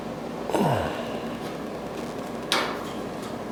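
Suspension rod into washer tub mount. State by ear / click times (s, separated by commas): not seated / none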